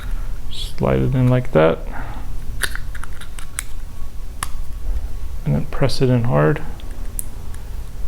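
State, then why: Partly seated. Someone talks while sliding the inner part of a Mercedes E320 key fob into a replacement plastic fob case, then pressing it in hard. Several sharp ticks sound between about 2.8 and 4.4 seconds, and a sharp click is heard at 7.2 seconds. Even after that click, the part is not fully seated on the first press and needs to be pushed in again.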